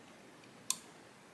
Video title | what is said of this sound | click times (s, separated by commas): How to install an extended slide release, and extended safety. #gunsmith #1911 | That little tiny click, okay? | 0.7 s